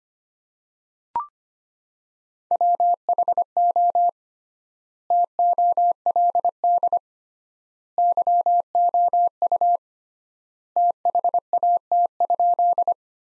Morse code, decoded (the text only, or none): WHO TOLD YOU THAT?